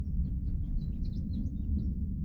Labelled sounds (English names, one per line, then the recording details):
House Finch song
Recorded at Hewlett Neck on Long Island, New York, on 10 June 1975
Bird A